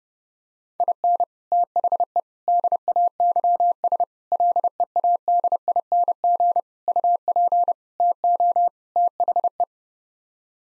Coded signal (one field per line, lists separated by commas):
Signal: Morse code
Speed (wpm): 30 wpm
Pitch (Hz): 700 Hz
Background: none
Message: IN THE DAYS LEADING UP TO THE